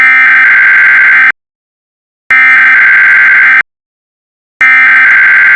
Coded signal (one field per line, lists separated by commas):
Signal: Emergency Alert System (SAME) tones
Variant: header bursts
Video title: EAS MOCK: the craziest Desdac transmission (VALID TONES)